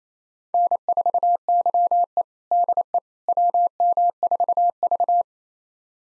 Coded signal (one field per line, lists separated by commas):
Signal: Morse code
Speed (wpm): 28 wpm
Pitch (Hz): 700 Hz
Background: none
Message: N4YE DE WM4V